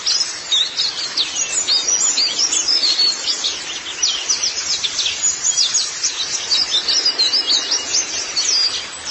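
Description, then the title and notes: White-eye song, a busy run of sharp high chirps and quick trills, continuous and tightly packed, with the loudness pulsing unevenly throughout. "Kicauan Burung Pleci Durasi Panjang. Suara kicauan burung pleci"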